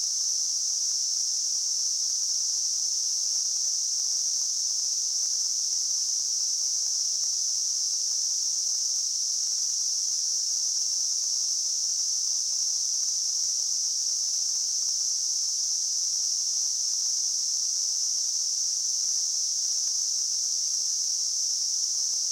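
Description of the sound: Simulated tinnitus: a steady, high-pitched hissing band of noise centered around 6 kHz, constant and unchanging throughout, with almost nothing in the low frequencies.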